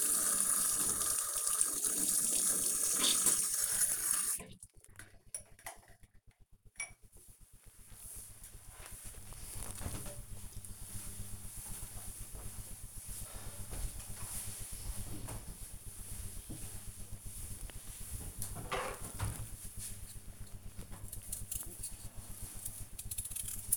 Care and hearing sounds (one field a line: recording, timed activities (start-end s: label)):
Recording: household activities, microphone on the right wrist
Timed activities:
0.00-4.37 s: brushing teeth
20.49-23.77 s: cutting vegetables